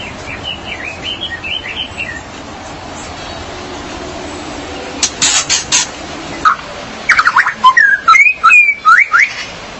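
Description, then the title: Magpie-robin or shama singing: soft whistles early on, a few sharp bursts midway, then a louder string of whistled notes near the end. "BM Suara Burung Murai"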